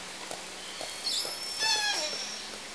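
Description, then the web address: Killer whale call: faint whistled upsweep, then several stacked tonal calls midway, partly masked by steady hiss. Southern resident killer whales; call type S36. "Orca Calls Alwin Audiosamples call S 36"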